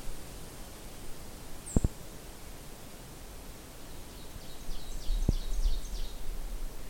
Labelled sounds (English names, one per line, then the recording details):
Ovenbird song
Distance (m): 45 m
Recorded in boreal forest in Alberta, Canada, on 12 June 2016 at 05:44
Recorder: SongMeter 3, array SBT-3-18
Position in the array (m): 151 m, 225 m
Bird 30